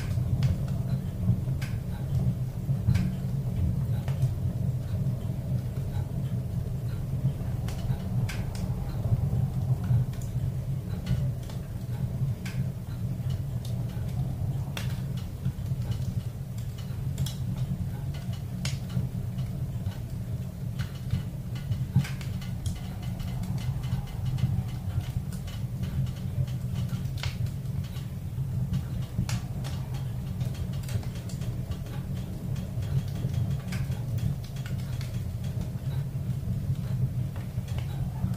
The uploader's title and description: Cabin in the Woods. A wizened old man works on toys by a roaring fire